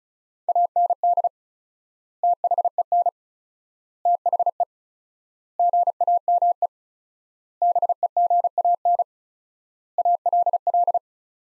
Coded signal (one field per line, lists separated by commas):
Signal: Morse code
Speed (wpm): 35 wpm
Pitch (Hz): 700 Hz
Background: none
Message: AND THEN THE GAME BEGAN ALL